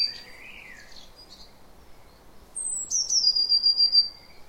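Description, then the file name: Eurasian blue tit: faint high notes early, then a thin high note dropping into a fast, level, buzzy trill lasting over a second. "Cyanistes caeruleus"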